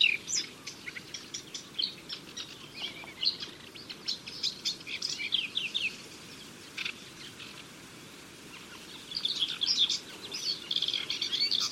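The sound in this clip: Bird calls: quick high chirps and twittering notes in scattered bursts, quieter in the middle, over a steady hiss of background noise.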